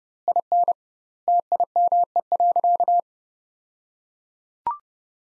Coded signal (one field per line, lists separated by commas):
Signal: Morse code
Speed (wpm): 30 wpm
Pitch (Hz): 700 Hz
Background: none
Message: IN TIME.